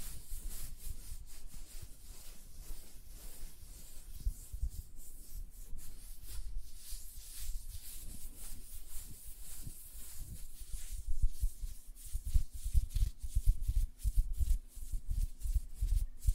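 Dry tapping and fluttering of fingers on nails and hands, a dense, rapid patter of small clicks that runs the whole way through. The taps thicken and grow louder after about eleven seconds. A faint low hum sits steadily underneath.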